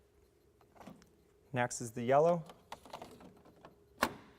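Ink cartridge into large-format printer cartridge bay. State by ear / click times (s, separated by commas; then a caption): seated / 4.0 s. A yellow ink cartridge, matched to its color label and lined up on a small guide rail, is pushed into the cartridge bay of an Epson T-series large-format printer while someone talks. Light plastic taps and rattles are heard, then a sharp click at 4.0 s as the cartridge snaps home and seats.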